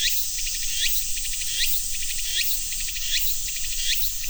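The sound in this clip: Cicadas: a constant high-pitched buzz with quick rising sweeps repeating slightly faster than once a second.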